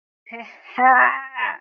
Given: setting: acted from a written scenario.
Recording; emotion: vocal sound without words; pride